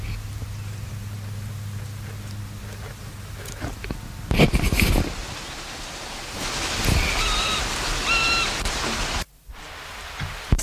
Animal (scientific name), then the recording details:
Chorthippus biguttulus. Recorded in the wild. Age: imago. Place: Lienen, Nordrhein-Westfalen, DE. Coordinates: 52.1625, 7.96528. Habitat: meadow, clearing. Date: 1991-09-12 10:47. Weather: sunny, 15-21°C. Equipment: Marantz CP 430, Kopie Tesla B 116. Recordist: Tembrock, Günter